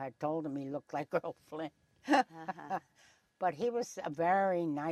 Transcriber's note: laughs